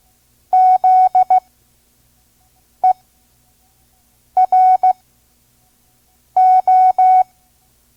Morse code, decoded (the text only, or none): ZERO